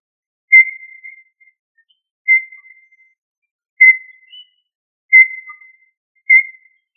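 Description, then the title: Quail whistles: five clear, steady high notes, evenly spaced, against silence. Family Tinamidae. "Familia Tinamidae - Quail - Puyuh"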